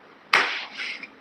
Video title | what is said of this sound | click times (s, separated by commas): Woodworking with Zach Whatnot Auction 🪵 | Hear that click? | 0.3 s